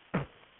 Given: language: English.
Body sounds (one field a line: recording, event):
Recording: throat vibration sensor signal played as sound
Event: cough